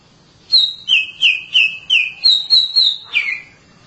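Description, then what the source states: Oriental magpie-robin song: about nine whistled notes in quick succession, ending in a downslurred note. Long-duration song.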